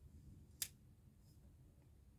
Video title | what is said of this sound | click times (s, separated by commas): Minolta X-700 Operation | clockwise until you hear a click. | 0.6 s